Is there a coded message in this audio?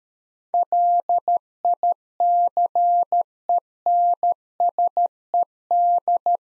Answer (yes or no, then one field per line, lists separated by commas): yes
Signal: Morse code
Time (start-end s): 0.5-6.4 s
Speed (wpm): 13 wpm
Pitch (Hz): 700 Hz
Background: none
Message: LICENSED